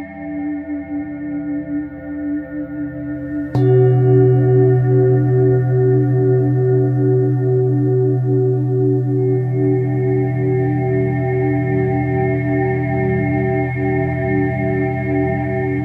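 A singing bowl rings with a steady, layered hum of low and higher tones. Just before four seconds a fresh strike makes it suddenly louder and fuller, with a deep low tone that swells and pulses gently as the ringing sustains to the end.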